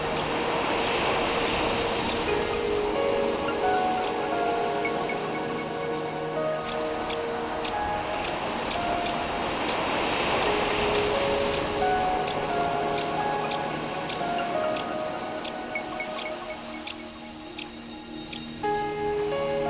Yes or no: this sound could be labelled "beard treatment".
no